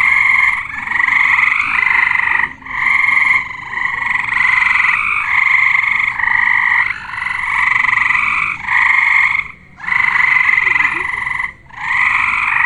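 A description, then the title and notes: A dense chorus of chorus frogs in full song, their bright trilled calls overlapping almost without pause. The sound stays loud and steady, with brief dips near 2.5, 9.5 and 11.5 seconds, and a faint low rumble underneath. Chorus frogs in full song. A wetland full of Pseudacris triseriata (chorus frogs) singing the night away in Darlington, MD. Recorded by Dan Bodah in June 2008.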